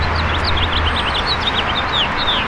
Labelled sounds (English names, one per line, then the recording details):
House Finch song
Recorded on Long Island, New York, on 22 June 2012
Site AU
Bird A